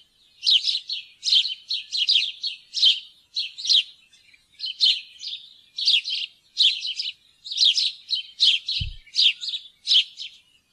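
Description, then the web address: House sparrow chirping, a steady run of short, harsh chirps given in quick irregular bursts, with one brief low thump near the end. "fuglelyder- graaspurv"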